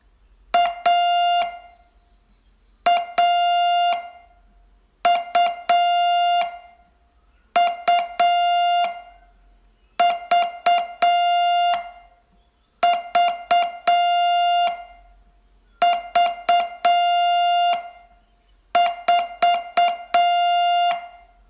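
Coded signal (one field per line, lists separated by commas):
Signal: Morse code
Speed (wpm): 8 wpm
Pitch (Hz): 700 Hz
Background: music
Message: A AU U VV V4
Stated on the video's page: Morse training lesson, day 21 of a 42-day course.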